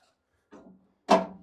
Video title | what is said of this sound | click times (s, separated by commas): 2025 Stabicraft 2500UCXL | which locks into place. | 1.1 s